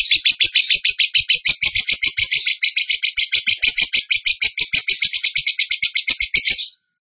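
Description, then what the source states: Bird singing a rapid burst of high, piercing repeated notes before stopping abruptly into silence. Masteran (training recording) in the tembakan gacor song style.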